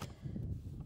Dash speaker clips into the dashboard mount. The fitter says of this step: and then you it is pressure fit so you're going to go ahead push it in you can hear the clicks